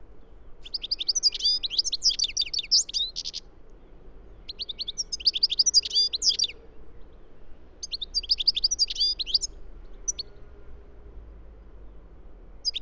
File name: Carduelis carduelis